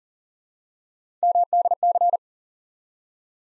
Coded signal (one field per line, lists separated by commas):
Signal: Morse code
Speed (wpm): 40 wpm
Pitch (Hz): 700 Hz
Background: none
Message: MDC